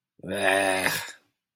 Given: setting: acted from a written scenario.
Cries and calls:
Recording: vocal sound without words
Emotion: disgust

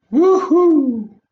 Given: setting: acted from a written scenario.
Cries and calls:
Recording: vocal sound without words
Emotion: elation

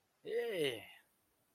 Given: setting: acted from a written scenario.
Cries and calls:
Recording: vocal sound without words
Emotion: triumph

